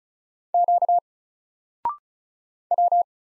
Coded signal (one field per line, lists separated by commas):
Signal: Morse code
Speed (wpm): 36 wpm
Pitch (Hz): 700 Hz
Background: none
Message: Q W